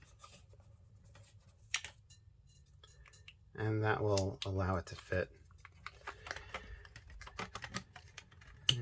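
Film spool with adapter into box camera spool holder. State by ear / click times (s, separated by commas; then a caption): seated / 8.7 s. A 120 film spool fitted with a size adapter is pushed into the spool holder of a Kodak Six-16 Brownie Special box camera while someone talks, with small handling clicks and scrapes along the way. A sharp, loud click at 8.7 s marks the spool seating into place.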